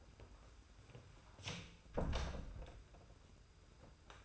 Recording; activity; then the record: daily activity, microphone in the room; close door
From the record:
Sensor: 2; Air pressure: 991.4 hPa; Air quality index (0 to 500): 144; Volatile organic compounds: 311 ppm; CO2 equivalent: 4504 ppm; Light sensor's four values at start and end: 32/95/37/35 and 32/95/37/35